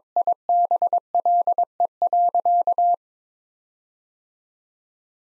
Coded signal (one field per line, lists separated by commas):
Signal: Morse code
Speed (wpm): 22 wpm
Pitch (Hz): 700 Hz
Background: none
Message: IBLE.